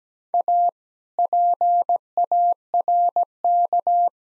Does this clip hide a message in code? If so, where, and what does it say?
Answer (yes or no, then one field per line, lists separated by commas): yes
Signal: Morse code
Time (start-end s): 0.3-4.1 s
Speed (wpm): 17 wpm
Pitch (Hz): 700 Hz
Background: none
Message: A PARK